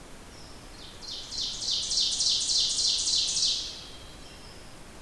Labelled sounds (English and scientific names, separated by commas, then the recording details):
Ovenbird (Seiurus aurocapilla) song
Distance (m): 30 m
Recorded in boreal forest in Alberta, Canada, on 27 June 2016 at 05:46
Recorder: SongMeter 3, array SBT-6-79
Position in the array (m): 283 m, 40 m
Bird 39